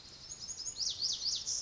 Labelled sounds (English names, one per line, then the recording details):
Pacific Wren
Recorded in Sonoma County, California